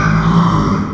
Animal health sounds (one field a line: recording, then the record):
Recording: squeal of a Yucatan mini pig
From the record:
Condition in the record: after surgery on the right vocal fold (resection and tissue-engineered implant)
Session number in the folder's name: 15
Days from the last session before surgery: 175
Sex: female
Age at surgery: 19 weeks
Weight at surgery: 25 kg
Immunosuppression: prednisolone